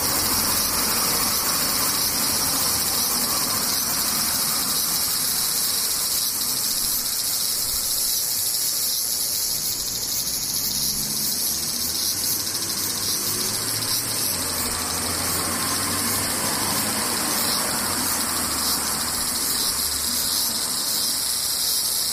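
Cicadas buzz in a dense, steady, bright shrill that never lets up, with a low vehicle rumble swelling and passing underneath around the middle.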